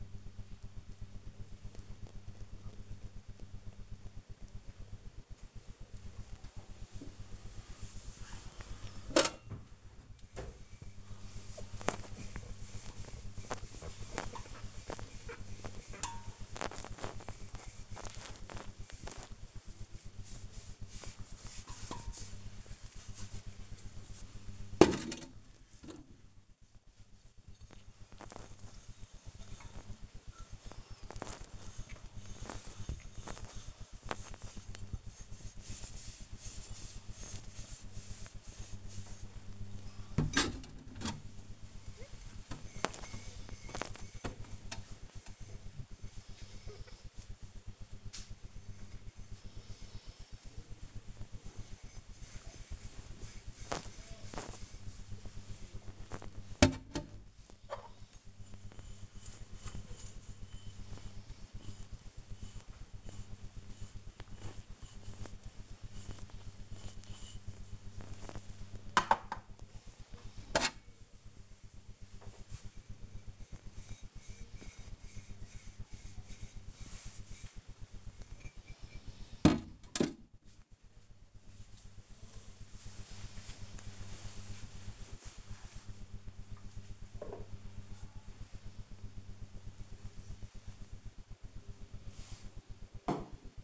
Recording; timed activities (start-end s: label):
household activities, microphone on the right wrist
6.06-79.44 s: washing dishes